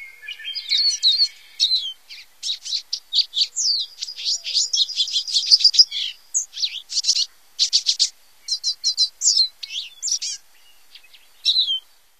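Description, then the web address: Lesser goldfinch singing a long, jumbled run of twittering, buzzy and rapid chattering notes in bursts with brief pauses, against a clean, quiet background. "Songs of Birds of North America Stokes. Lesser Goldfinch"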